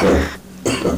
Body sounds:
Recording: coughing mixed with background sound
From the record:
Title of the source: Residual Phlegmy Morning Coughing and Gagging

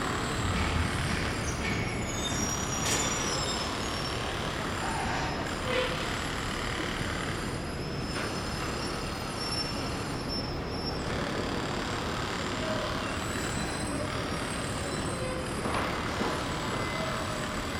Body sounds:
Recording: background sound without coughing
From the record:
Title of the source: 30 MINUTES Construction Site Ambience (CC BY 4.0)

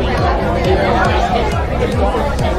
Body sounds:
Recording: background sound without coughing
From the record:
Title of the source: Nightlife Party Simulating Party Club Noise 1 Hour

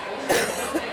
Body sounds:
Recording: coughing mixed with background sound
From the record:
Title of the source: 30 Chesty and wet cough

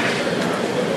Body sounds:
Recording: background sound without coughing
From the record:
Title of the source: Office Sounds Ambience - Background Noise for Study and Work

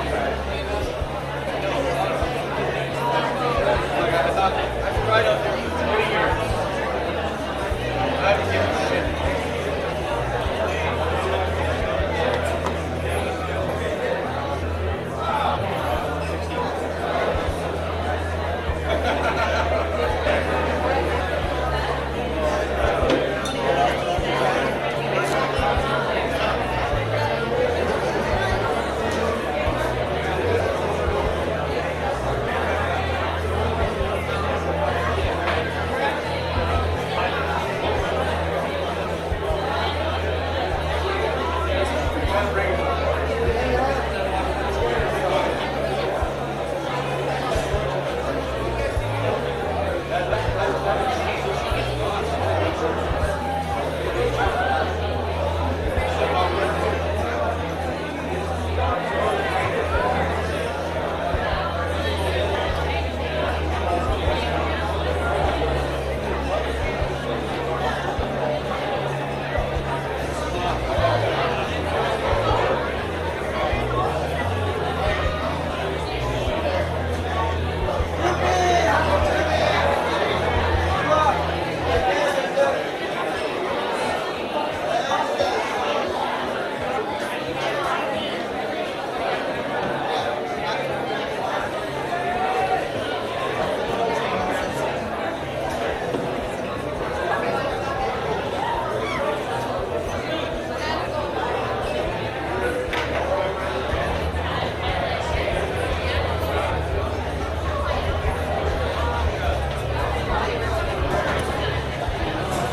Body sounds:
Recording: background sound without coughing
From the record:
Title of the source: CITY SOUNDS Busy Bar in the Evening Night - 2 HOURS of Ambiance for Relaxation

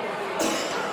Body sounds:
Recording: coughing mixed with background sound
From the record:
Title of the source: Cough Around the Clock!

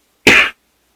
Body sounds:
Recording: coughing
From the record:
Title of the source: 64 coughing, allergies, singing lungs

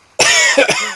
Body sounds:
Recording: coughing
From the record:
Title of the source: Dry Afternoon Cough

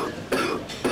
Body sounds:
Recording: coughing mixed with background sound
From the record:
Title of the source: Coughing 77

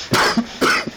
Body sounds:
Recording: coughing mixed with background sound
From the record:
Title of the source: Coughing 60

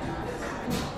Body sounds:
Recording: background sound without coughing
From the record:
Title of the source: 60 minutes of coffee shop sounds for study and concentration

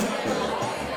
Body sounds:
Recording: coughing mixed with background sound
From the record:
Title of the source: Spring Cold Coughing.

